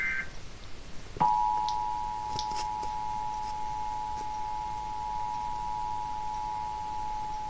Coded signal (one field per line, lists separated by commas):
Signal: Emergency Alert System (SAME) tones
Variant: 853 and 960 Hz attention tone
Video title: KSTR Required Monthly Test (EAS #164)